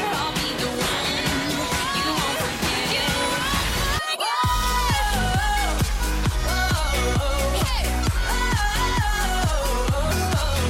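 A Friday evening at the bowling alley, filled with loud dance music: a steady thumping beat, heavy bass and a bending, singing melody on top. Just after four seconds the low end cuts out briefly, then returns with a stronger pulsing bass line.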